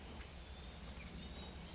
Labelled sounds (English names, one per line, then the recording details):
California Towhee
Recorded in Sonoma County, California